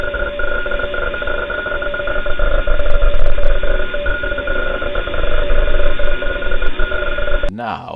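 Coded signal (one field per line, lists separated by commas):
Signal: RTTY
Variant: wide shift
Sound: two-tone warbling teleprinter chatter over a steady hiss, cut off near the end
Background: radio static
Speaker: I'll play what that sounds like so you can hear it. Here it is.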